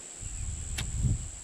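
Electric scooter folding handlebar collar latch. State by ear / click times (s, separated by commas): seated / 0.8 s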